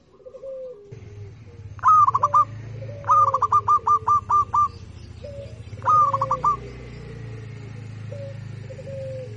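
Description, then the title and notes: Zebra dove cooing song: a slurred opening note then quick staccato coos near the same pitch, three phrases, one long, over a steady low hum and softer background coos. Local-type (lokal) zebra dove song. "Kicau Perkutut Lokal 1. Kicau Burung Perkutut"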